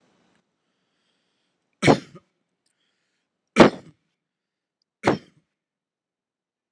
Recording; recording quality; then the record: shallow voluntary cough; excellent, no background noise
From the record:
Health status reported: healthy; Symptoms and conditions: none ticked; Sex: male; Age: 42 years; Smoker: yes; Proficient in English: yes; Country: India